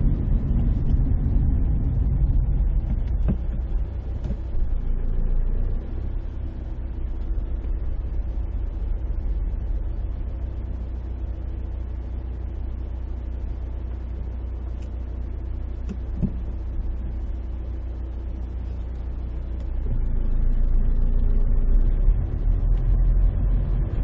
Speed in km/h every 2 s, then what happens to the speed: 18, 0, 0, 0, 4, 2, 0, 0, 0, 0, 9, 12.
0-2 brakes to 0. 2-19 standing. 19-24 pulls away to 12.